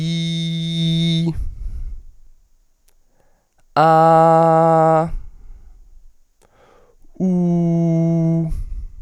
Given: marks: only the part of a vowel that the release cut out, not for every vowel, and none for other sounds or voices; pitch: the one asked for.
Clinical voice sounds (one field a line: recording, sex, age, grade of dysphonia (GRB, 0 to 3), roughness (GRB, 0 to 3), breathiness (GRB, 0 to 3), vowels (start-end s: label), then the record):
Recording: sustained vowels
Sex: male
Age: 20 to 29 years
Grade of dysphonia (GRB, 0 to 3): 0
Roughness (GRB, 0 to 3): 0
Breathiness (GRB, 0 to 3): 0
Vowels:
0.00-1.26 s: vowel /i/, normal pitch
3.84-4.99 s: vowel /a/, normal pitch
7.25-8.36 s: vowel /u/, normal pitch
From the record:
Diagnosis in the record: healthy voice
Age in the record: 27 years